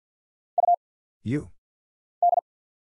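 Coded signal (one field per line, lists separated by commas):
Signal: Morse code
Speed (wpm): 50 wpm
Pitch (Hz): 700 Hz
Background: none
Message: U D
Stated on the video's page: Single-character Morse drill at 50 wpm of letters, numbers, punctuation and prosigns, each sent twice with very short gap before spoken answer.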